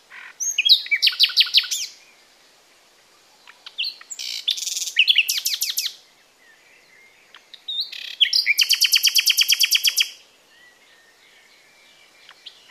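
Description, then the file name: Common nightingale song: loud phrases of rapid repeated notes and buzzy trills, each about two seconds long, separated by short pauses. "Luscinia megarhynchos"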